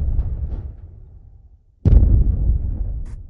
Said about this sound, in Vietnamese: Rồi, pháo, tôi nói pháo rồi. Nghe tiếng nổ, mọi người trên ghe đều thức dậy